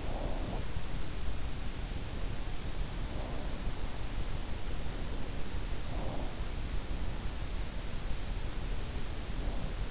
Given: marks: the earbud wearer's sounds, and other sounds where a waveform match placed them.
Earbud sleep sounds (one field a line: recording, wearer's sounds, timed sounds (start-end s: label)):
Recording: sounds in sleep by an in-ear microphone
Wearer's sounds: breath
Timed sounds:
0.00-0.77 s: breath
5.88-6.49 s: breath